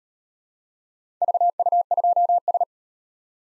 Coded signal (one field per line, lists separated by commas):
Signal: Morse code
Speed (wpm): 36 wpm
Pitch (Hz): 700 Hz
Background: none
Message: VU2S